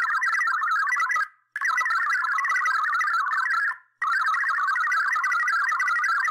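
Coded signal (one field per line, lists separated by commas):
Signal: multi-tone FSK (Olivia or MFSK type)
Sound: fast warbling burble of hopping tones around 1-2 kHz, briefly stopping twice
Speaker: so we only record the transmission so here we go [Music] [Music] [Music] okay that should be it you will have heard that we escaped the recording back to receive mode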